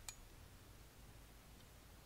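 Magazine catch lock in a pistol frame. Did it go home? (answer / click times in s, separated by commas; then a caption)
released / 0.1 s. With the magazine release held down, a screwdriver turns the small lock in the steel magazine catch of a 1911 pistol frame. It gives one sharp, bright click at 0.1 s as the lock turns free. That unlocks the catch so it can be pushed out, and only faint low background noise follows.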